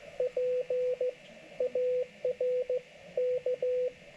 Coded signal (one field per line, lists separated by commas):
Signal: Morse code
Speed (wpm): 14 wpm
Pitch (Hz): 500 Hz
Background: radio noise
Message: PARK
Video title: Support your parks POTA activation 10/19/24